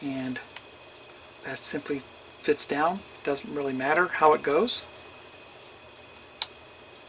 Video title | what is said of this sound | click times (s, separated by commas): Agora Models Build the T-800 Terminator Pack 1 Stage 5 - Components for the Lower Jaw and Neck | you can kind of feel it snap in place there | 6.4 s